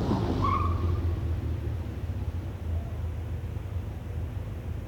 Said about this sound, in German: Das Auto macht den Motor aus.